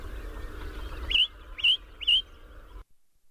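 Ring ouzel song phrase of three clear, piping, upslurred notes repeated about every half second, with a low rumble behind.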